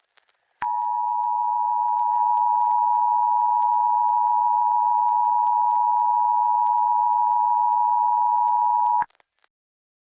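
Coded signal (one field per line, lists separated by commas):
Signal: Emergency Alert System (SAME) tones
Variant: 853 and 960 Hz attention tone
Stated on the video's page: Fictional EAS scenario, a simulated alert.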